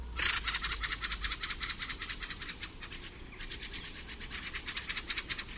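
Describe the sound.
Fieldfare calls, a run of harsh, rasping chack notes, several per second, with one brief break midway.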